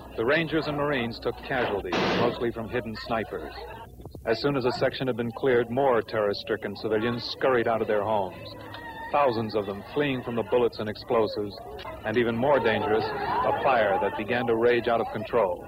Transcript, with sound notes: The Rangers and Marines took casualties, [Gunfire] mostly from hidden snipers. As soon as a section had been cleared, more terror-stricken civilians scurried out of their homes, thousands of them fleeing from the bullets and explosives, and, even more dangerous, a fire that began to rage out of control.